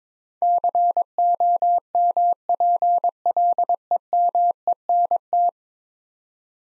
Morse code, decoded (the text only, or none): COMPLEMENT